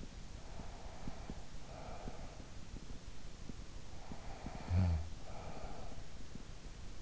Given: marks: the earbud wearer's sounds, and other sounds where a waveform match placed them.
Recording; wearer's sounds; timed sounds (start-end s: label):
sounds in sleep by an in-ear microphone; breath, snoring breath
0.00-2.97 s: breath
3.82-6.50 s: snoring breath